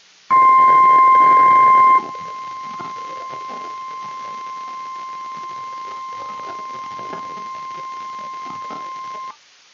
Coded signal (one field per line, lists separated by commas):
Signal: Emergency Alert System (SAME) tones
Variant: 1050 Hz attention tone